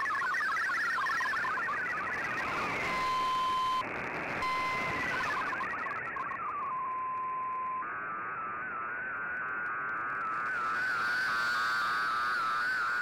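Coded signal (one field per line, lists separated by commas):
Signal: multi-tone FSK (Olivia or MFSK type)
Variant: MFSK32 or MFSK64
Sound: warbling hopping tones, a steady 1 kHz tone, then slowly stepping tones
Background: radio static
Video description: Here is my decode of the Shortwave Radiogram broadcast today on 15770Khz shortwave radio at 1330UTC in MFSK32 and 64 with 11 SSTV images.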